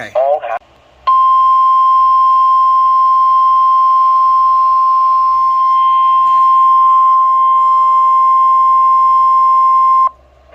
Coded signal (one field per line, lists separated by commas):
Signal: Emergency Alert System (SAME) tones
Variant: 1050 Hz attention tone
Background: speech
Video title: EAS Alerts as of 6/8/22 (EAS #116-139)